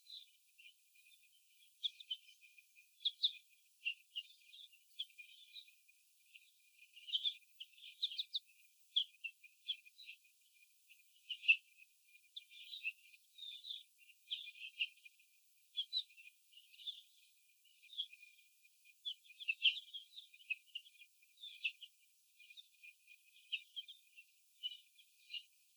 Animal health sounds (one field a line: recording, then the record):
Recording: young laying hens in a cage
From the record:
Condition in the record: after the stressor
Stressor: sudden umbrella opening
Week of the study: 2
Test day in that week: 1